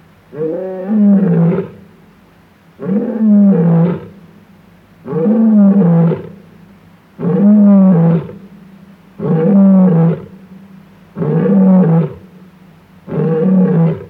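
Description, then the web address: Lion roaring: deep, strained, harmonic-rich roars repeated about every two seconds, seven in a row, each swelling and then breaking off. Male lion roaring, recorded against a clean background. "Sound Effects-BBC Africa. male lion roaring with clean background"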